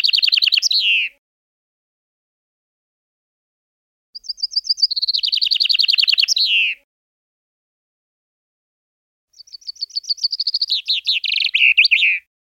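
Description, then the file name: Common chaffinch singing three songs, each a fast series of notes falling in pitch and ending with a flourish, separated by quiet gaps of a few seconds; the first is cut off at its start. "Fringilla coelebs"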